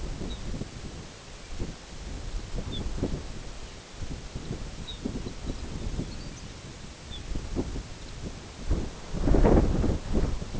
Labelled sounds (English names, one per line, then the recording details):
Lapland Longspur
unidentified sound
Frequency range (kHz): Lapland Longspur 2.7-6.6 kHz
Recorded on Arctic tundra, site NAIT-1, on 22 June 2018
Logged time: 13:00